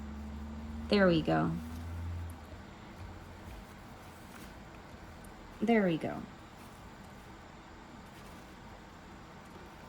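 A plastic doll stand part is handled and pushed toward its socket in the stand base while the stand is assembled for the first time. Someone talks briefly at about 1.0 s and again at about 5.8 s over a quiet, steady background. Nothing has seated or clicked into place yet.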